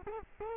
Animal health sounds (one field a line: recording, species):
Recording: mosquito wingbeat signal from an infrared sensor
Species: Culex quinquefasciatus